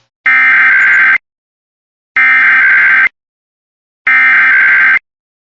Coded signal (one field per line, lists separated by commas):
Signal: Emergency Alert System (SAME) tones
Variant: header bursts